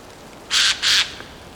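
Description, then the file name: Eurasian jay giving two harsh, rasping screeches in quick succession over a quiet background. "Garrulus glandarius"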